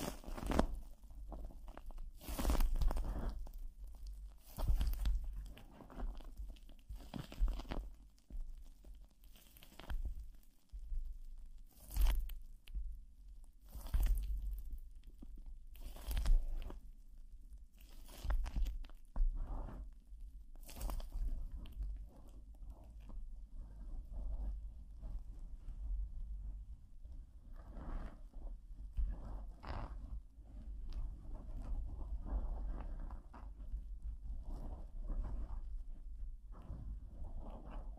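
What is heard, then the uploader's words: Plastic wrap crinkles and rustles against a microphone in dense, irregular bursts, with sharp crackling spikes that flash bright every second or two through the first twenty seconds. Afterward the handling turns softer and more continuous, a steady scratchy rustle over a constant low rumble. PLASTIC WRAP ON THE MIC (EXTRA TINGLY).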